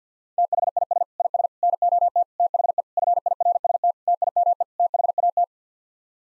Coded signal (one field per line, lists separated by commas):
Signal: Morse code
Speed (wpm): 50 wpm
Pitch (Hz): 700 Hz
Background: none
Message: THIS IS NOT THE FIRST TIME THAT